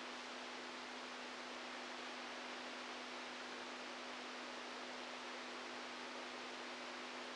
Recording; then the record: brain microelectrode recording played as sound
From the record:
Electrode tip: outside the subthalamic nucleus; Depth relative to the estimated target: 3 mm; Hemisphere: right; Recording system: NeuroSet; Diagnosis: Parkinson's disease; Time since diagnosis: 10 years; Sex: male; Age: 65 years